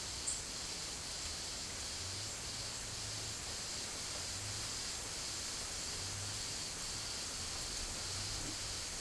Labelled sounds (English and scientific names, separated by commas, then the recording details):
none
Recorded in secondary vegetation near Puerto Asís, Putumayo, Colombia, on 22 December 2024 at 12:30
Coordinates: 0.489, -76.322
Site G059